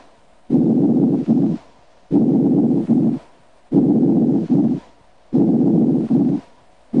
Normal breath sounds. In a patient with a pleural effusion in the right posterior lower lung field, normal breath sounds are heard on the contralateral side over healthy lung tissue.